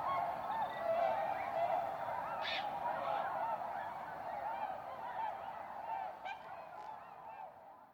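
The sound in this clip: Tundra swans calling: many overlapping mellow honking and whooping notes in a dense, continuous chorus that slowly fades toward the end.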